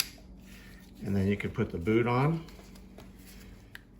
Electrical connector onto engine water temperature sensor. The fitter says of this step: straight down until you hear a click